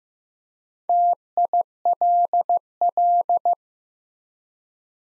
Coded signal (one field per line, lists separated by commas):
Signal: Morse code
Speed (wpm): 15 wpm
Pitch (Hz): 700 Hz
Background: none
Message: TILL